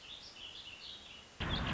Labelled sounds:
Warbling Vireo
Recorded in Sonoma County, California

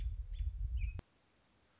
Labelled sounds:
American Robin
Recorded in Sonoma County, California

